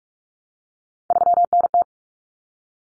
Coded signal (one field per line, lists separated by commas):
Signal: Morse code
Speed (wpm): 44 wpm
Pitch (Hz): 700 Hz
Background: none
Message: 3NT